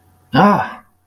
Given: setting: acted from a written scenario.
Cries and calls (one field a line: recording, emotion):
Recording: vocal sound without words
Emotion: anger